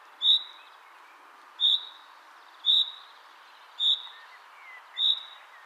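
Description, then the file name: Common chaffinch uttering crisp, high single call notes, five in a series about once a second. "Fringilla coelebs"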